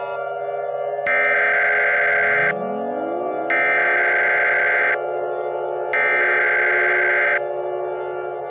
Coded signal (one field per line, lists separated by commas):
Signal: Emergency Alert System (SAME) tones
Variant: header bursts